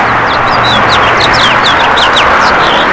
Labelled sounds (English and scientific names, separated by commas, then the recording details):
House Finch (Haemorhous mexicanus) song
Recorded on Long Island, New York, on 14 June 2012
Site GL
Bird D